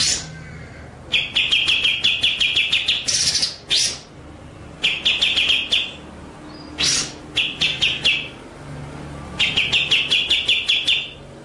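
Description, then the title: White-rumped shama song with fast stuttering chip series and harsh rasping notes, delivered in repeated phrases over faint background hiss. Masteran (training) track; full song in the ngerol nembak style. "Masteran Murai Batu Full Ngerol Nembak"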